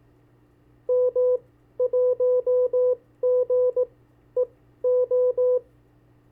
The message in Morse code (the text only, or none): M1GEO